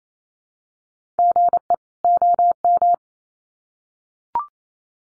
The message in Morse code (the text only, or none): GE OM